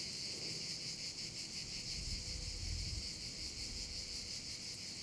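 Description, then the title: Cicadas buzzing shrilly and continuously with rapid wavering pulses; a brief low rumble rises about halfway through. Several cicadas over the Vallo di Diano valley near Padula, Italy; recorded with a Zoom H6 and mid-side microphone capsule. "Geoparco Padula - Cicale sulla valle del Diano"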